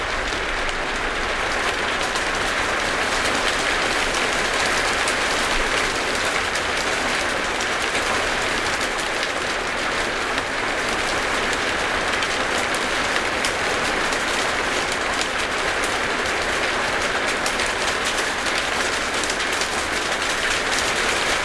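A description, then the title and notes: A steady, dense patter recorded in a shed in Somercotes, Derbyshire, like countless tiny taps blurring into a constant hiss. It stays at an even level for the whole stretch, with a bright, crackling edge and a soft low rumble underneath. Thunderstorm. Recorded in my shed. Somercotes, Derbyshire.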